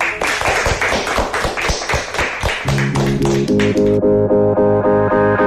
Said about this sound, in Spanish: ¡Aplausos!